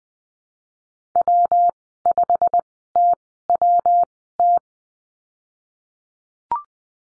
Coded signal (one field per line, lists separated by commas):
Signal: Morse code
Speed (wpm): 20 wpm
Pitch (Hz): 700 Hz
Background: none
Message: W5TWT